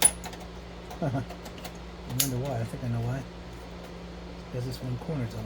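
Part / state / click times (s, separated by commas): proprietary internal cable connector into server chassis slide-lock socket / not seated / none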